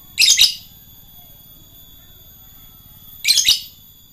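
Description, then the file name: Lovebird calls: two short bursts of harsh, high double shrieks separated by about three seconds of quiet. Lovebird chatter in the style known as ngekek. "suara lovebird ngekek"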